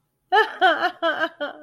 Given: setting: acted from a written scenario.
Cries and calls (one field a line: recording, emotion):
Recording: vocal sound without words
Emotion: sadness